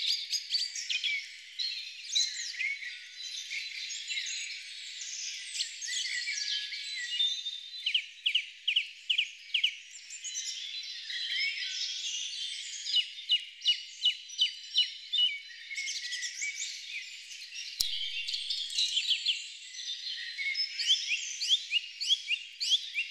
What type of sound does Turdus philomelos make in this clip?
song